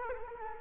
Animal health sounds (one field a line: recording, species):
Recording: mosquito wingbeat signal from an infrared sensor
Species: Culex quinquefasciatus